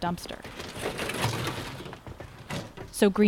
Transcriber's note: sfx dumpster